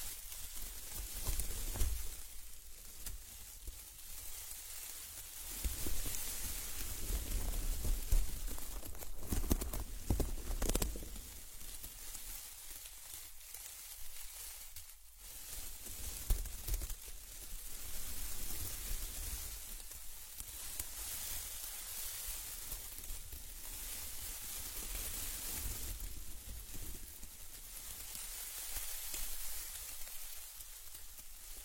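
Plants rubbed in slow circles around the ears make a soft, steady rustling hiss that swells and fades in waves, with occasional brighter crackles.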